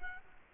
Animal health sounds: mosquito wingbeat signal from an infrared sensor; Culex quinquefasciatus

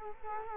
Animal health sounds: mosquito wingbeat signal from an infrared sensor; Culex quinquefasciatus

